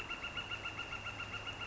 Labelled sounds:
Northern Flicker
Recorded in Sonoma County, California

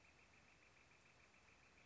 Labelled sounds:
Northern Flicker
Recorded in Sonoma County, California

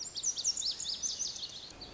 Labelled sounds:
Lazuli Bunting
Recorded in Sonoma County, California

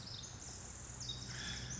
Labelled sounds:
Pacific Wren
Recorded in Sonoma County, California

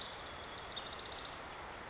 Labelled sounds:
House Wren
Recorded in Sonoma County, California

